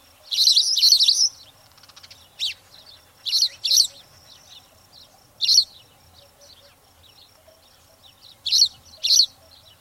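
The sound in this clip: Spanish sparrow chirps, a dense burst of overlapping chirps at the start, then spaced single and paired notes.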